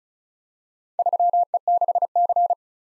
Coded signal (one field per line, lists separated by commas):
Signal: Morse code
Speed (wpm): 36 wpm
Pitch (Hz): 700 Hz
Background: none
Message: 3E6C